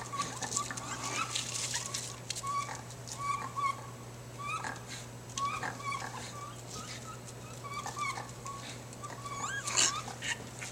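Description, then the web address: Raccoons squabbling with repeated short chirps and harsh noisy bursts, coming in uneven clusters over a constant background hum. Raccoon fight, recorded 12 April 2010 at 02:41. "raccoons sounds 2010 04 12 02 41 12 raccoon fight"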